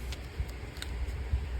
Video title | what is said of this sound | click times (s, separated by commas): Fixing the pull cord recoil assembly on a Stihl BR 800 C side start backpack blower. Step-by-step | and I'm going to drop the paw in there and then let it snap into place. | 0.8 s